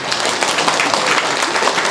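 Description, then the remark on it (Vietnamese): An audience at a Buddhist retreat applauds steadily, a dense crackle of many hands clapping at once, loud and sustained throughout with no pauses or voices standing out. “À, thành ra là xin tám tháng Bồ Tát Gia Ua, nhờ có Bồ Tát Gia Ua mà chúng ta có những bộ lực rất là hoàn, vỗ tay đi.”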